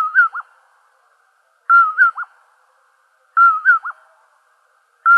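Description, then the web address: Common poorwill whistling its short 'poor-will-ip' phrase, a clear note followed by two quick lower slurred notes, repeated about every 1.7 seconds in a silent background. "Nightjars. deviche"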